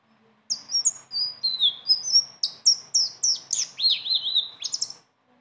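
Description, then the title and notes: Leafbird song with fast, varied high whistles and sharp slurred notes, some buzzy, in one continuous phrase. Strong continuous song (gacor) with rolling phrases (ngeroll) and fill notes (isian); a training song (masteran). "BURUNG SELENDANG BIRU GACOR NGEROLL ISIAN. masteran"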